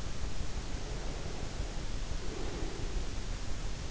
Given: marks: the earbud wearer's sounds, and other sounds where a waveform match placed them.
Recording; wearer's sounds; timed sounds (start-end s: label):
sounds in sleep by an in-ear microphone; breath
2.08-3.26 s: breath